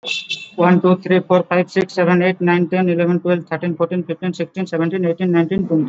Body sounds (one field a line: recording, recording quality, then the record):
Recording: counting at a fast pace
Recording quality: moderate, slight background noise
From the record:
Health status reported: exposed to COVID-19, no respiratory illness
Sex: male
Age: 20 years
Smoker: no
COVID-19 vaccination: both doses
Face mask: worn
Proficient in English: yes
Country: India